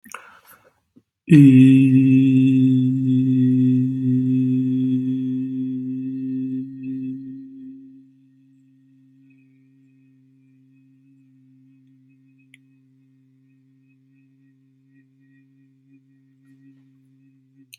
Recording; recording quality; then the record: sustained vowel as in beet; excellent, no background noise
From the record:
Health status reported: healthy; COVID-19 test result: negative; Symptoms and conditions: none ticked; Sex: male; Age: 23 years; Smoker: not ticked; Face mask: not worn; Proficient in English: yes